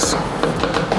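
A valve stem seal is pressed down with an installer tool onto the valve guide of a Toyota Corolla 7AFE engine's cylinder head, with the valve supported from below by a socket in a rag. Someone talks while brief sharp sounds are heard at 0.4 and 1.0 seconds. The seal has not yet clicked or seated.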